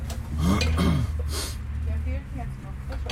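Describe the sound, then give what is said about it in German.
Dishes and cutlery clink lightly and irregularly while food is served at a fairground showmen's caravan, where a long queue of showmen wait holding cutlery, with people talking over the faint clatter. “Jeder hat Besteck in der Hand.”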